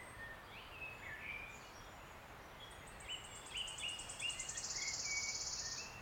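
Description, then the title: Wood warbler song: scattered chirps from other birds, then high, stuttering notes accelerate into a dense, shivering trill lasting over a second. Male singing from the canopy of tangled oak trees in an ancient oak wood, on a steep-sided wooded valley in South Wales, in May, just after rain had stopped. "Sound Escape. listen to the cascade of wood warbler song in an ancient oak wood"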